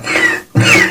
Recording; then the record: coughing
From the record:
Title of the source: Cough Around the Clock!